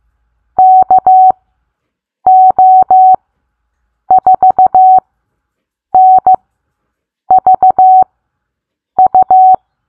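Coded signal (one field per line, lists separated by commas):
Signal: Morse code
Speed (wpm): 15 wpm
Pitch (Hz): 750 Hz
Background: none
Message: KO4NVU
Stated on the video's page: Morse code callsign bingo game; callsigns sent at set speeds for copying practice.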